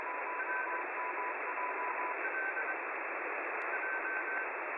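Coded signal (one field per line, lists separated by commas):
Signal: Morse code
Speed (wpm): 23 wpm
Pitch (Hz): 1550 Hz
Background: radio noise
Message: R L J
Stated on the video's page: Shortwave radio signals heard through an SDR.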